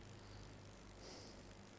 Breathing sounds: one breath in and out by a microphone near the nose and mouth; normal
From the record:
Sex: male

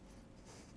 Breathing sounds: one breath in and out by a microphone near the nose and mouth; strong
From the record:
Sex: male

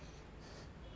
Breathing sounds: one breath in and out by a microphone near the nose and mouth; strong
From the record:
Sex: male

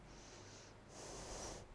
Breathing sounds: one breath in and out by a microphone near the nose and mouth; deep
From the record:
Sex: female

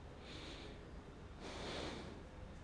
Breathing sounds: one breath in and out by a microphone near the nose and mouth; normal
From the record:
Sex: male

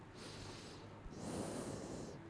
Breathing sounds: one breath in and out by a microphone near the nose and mouth; normal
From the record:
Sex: male

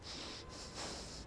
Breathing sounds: one breath in and out by a microphone near the nose and mouth; strong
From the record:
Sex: male

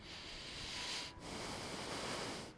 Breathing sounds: one breath in and out by a microphone near the nose and mouth; deep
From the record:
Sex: male

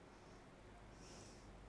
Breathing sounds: one breath in and out by a microphone near the nose and mouth; normal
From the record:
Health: marked as sick, illness not named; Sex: female

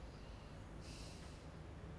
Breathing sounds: one breath in and out by a microphone near the nose and mouth; normal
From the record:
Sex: male

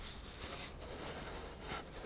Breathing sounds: one breath in and out by a microphone near the nose and mouth; strong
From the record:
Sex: male

